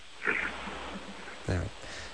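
Two brief, deep, rich, rattling snorts from an adult woman, heard over a phone line, typical of heavy snoring during sleep. She dozed off while on hold, and the snoring points to suspected sleep apnea linked to her heavy build.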